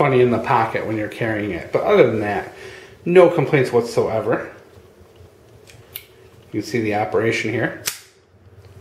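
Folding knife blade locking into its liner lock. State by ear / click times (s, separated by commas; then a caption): seated / 7.9 s. Someone talks while a Kershaw Brawler spring-assisted folding knife is flicked open, with a few brief ticks around 5.7–6.0 s. At 7.9 s the steel blade snaps into the liner lock in the plastic handle with a sharp, positive click. The blade locks open with good lock-up.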